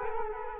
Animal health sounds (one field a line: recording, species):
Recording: mosquito wingbeat signal from an infrared sensor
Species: Culex quinquefasciatus